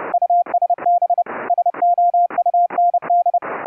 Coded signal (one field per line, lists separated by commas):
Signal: Morse code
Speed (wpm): 31 wpm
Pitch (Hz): 700 Hz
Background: none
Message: USB SOUND